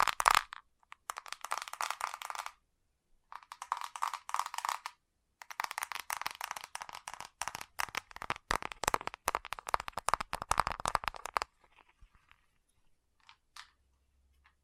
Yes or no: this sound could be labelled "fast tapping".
yes